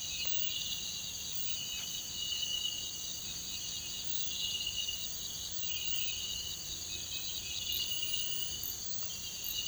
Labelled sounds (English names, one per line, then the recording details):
none
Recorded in pastures near Puerto Asís, Putumayo, Colombia, on 26 December 2024 at 05:30
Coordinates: 0.472, -76.329
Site G072